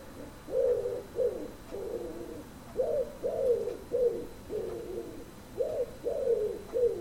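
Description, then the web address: Common wood pigeon calling with deep, muffled coos grouped in a rhythmic phrase that repeats, each note soft and hooting. "cianscape. Deverinetal 2025. Bird Only"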